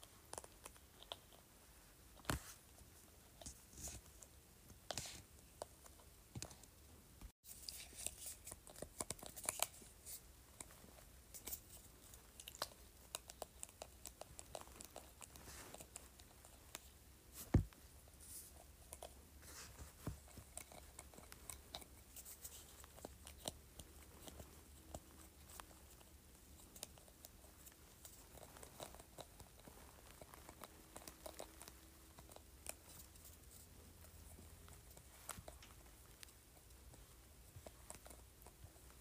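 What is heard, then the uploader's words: A spray bottle lid is scratched in quick, irregular bursts of dry scraping and small clicks that run through the whole recording. A sharp click stands out near seven seconds and another near seventeen. Beneath it, a low steady hum strengthens from about seventeen seconds on. ASMR Scratching Spray Bottle Lid.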